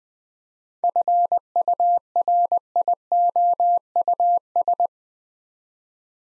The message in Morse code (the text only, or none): FURIOUS